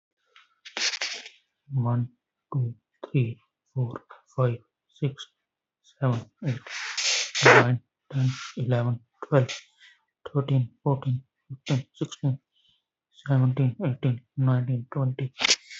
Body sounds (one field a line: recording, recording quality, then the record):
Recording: counting at a normal pace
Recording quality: excellent, no background noise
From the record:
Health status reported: healthy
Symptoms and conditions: cough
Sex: male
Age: 18 years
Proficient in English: yes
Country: India